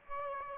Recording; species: mosquito wingbeat signal from an infrared sensor; Aedes aegypti